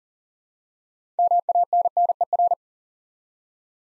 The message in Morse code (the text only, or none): MANNER